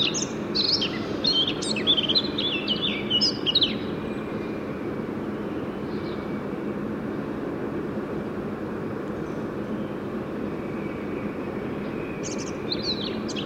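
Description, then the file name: Eurasian blackcap song: a rapid, warbling phrase of high, varied notes for about four seconds, a short burst near the end, over a steady low rumbling background noise. "Sylvia atricapilla"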